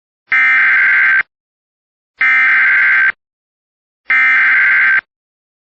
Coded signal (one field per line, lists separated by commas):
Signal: Emergency Alert System (SAME) tones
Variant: header bursts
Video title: [EAS] Flash Flood Warning for City of Walker (7/11/2025)